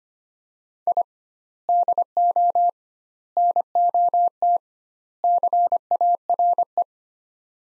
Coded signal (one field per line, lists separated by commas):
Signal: Morse code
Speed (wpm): 25 wpm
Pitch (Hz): 700 Hz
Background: none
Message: I DO NOT CARE